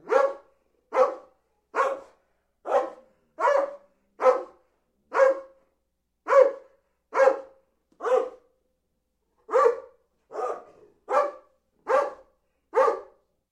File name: Sound Ideas 2000 Series. Doberman Bark